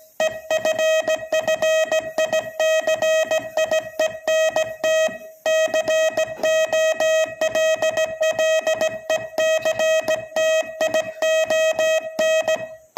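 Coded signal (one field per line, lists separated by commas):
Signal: Morse code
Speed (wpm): 18 wpm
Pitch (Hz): 630 Hz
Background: music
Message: EFFICIENT COLLECTION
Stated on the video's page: Real Morse signalling recorded at slightly above 20 words per minute.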